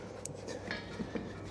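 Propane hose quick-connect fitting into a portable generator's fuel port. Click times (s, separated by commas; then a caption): 0.3 s, 0.7 s. A propane hose's quick-connect fitting, already connected to the propane tank, is pushed into the open fuel port of an Anker Solix E10 Smart Generator 5500. Two short sharp hits sound at 0.3 s and 0.7 s over a low steady hum, and it is unclear which one is the click. The fitting seats with a click, meaning the hose is securely connected.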